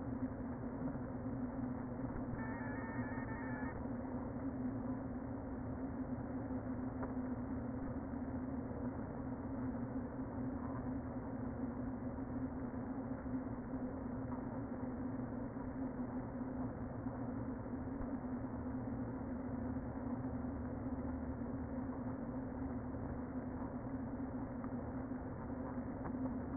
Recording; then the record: honeybee colony, microphone inside the hive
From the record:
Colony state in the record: queen present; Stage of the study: before two queens were removed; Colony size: about 60,000 bees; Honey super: yes